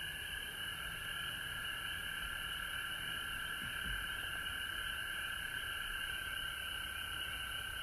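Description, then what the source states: Frogs in a constant chorus of high, shrill trills at two overlapping pitches, with a brief low thump near the middle. Recorded at home in Georgia on March 19, 2020.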